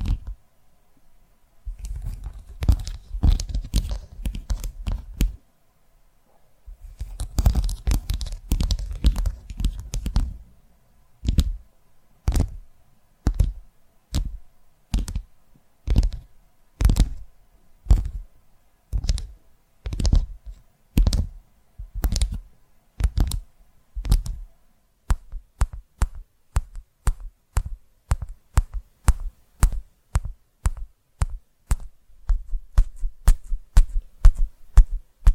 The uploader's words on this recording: ASMR Tapping Through Your Brain Invisible + Triggers (No Talking).